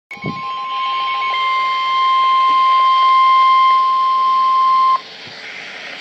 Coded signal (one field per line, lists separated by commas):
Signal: Emergency Alert System (SAME) tones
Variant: 1050 Hz attention tone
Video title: Special Marine Warning (EAS#135)